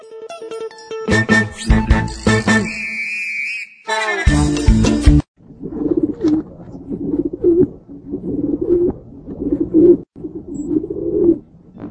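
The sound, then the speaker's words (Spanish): A short bright musical jingle with a warbling tone opens, then a pigeon coos repeatedly in low, throaty, rolling bursts that pulse in a steady rhythm until the end. “Carlos está saliendo de la universidad y ve a la paloma que está molestando a los amigos de Carlos.”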